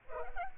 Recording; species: mosquito wingbeat signal from an infrared sensor; Culex pipiens